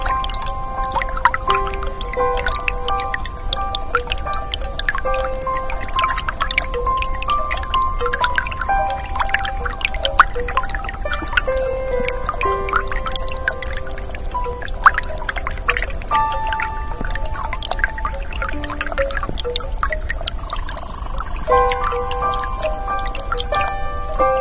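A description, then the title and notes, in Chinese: A small stream runs steadily throughout, a dense, even babble of water. Over it, bamboo wind chimes knock and ring in irregular clusters, their hollow tones sounding every second or so, with a brighter sustained ring near the twenty-second mark. 小溪 + 竹风铃。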